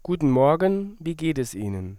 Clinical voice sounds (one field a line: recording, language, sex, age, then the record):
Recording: spoken sentence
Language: German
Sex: male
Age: 30 to 39 years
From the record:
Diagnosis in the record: singing voice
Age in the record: 31 years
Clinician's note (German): Alte, jetzt kompensierte Dysphonie